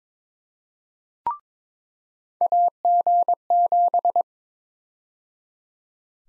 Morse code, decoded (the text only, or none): AG7